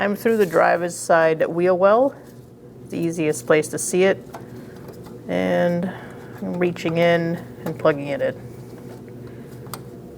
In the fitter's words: Just make sure it's locked on after you connect it. You should hear a click.